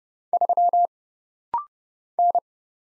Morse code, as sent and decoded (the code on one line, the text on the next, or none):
...-- / -.
3 N